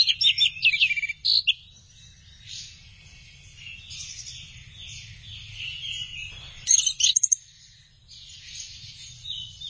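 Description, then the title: Thrush song in high, varied bursts of chattering and whistled notes, loudest at the start and again in a later burst, with softer rambling phrases in between. "burung anis"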